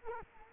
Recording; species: mosquito wingbeat signal from an infrared sensor; Culex quinquefasciatus